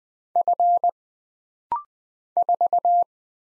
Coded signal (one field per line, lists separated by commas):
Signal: Morse code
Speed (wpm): 20 wpm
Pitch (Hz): 700 Hz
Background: none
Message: F 4